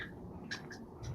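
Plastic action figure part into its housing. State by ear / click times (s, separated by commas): not seated / none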